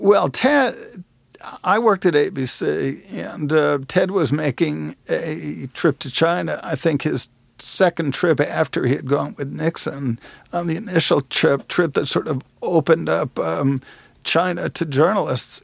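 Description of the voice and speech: Slowed adult male speech with drawn-out sounds, a repeated word and frequent pauses, fitting mild dysarthria; the voice is very much affected by multiple sclerosis.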